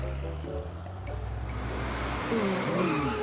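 A car with faulty brakes gives a steady low engine rumble as it is pulled over by a police officer, then a wavering, whining squeal of brakes and tires over the last second as it skids to a halt.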